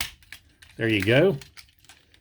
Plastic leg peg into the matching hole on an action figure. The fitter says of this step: holes right there match up peg it in it'll snap into place there